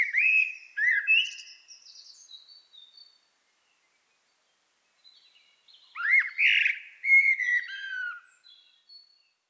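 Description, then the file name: Common blackbird singing two phrases separated by a pause of about two seconds, each mixing low fluted warbling with high squeaky twittering. "Turdus merula"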